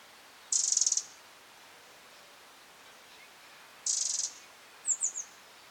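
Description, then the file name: Eurasian wren giving two harsh ticking rattles three seconds apart, then three quick softer descending chips. "Troglodytes troglodytes"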